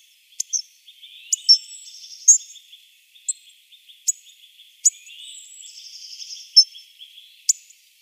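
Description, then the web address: Hawfinch song: sharp, high ticking notes at irregular intervals, mixed with short buzzy phrases. "Schulze Peter Hawfinch"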